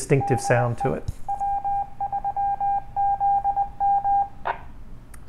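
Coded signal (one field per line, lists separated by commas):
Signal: Morse code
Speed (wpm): 19 wpm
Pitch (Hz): 800 Hz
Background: speech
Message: DE W3ZM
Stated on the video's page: CubeSatSim AMSAT CubeSat simulator during assembly testing.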